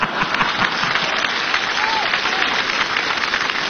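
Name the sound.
audience applause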